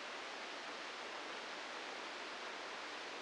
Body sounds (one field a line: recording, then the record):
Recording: brain microelectrode recording played as sound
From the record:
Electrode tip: outside the subthalamic nucleus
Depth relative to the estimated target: 1 mm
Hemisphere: right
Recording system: NeuroSet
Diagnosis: Parkinson's disease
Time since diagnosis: 9 years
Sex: female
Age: 51 years